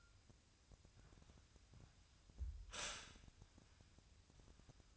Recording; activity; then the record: daily activity, microphone in the room; stop toaster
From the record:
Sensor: 2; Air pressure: 1001.8 hPa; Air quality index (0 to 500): 245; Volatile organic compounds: 37 ppm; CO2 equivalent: 3088 ppm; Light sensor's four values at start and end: 9/31/12/12 and 10/31/12/12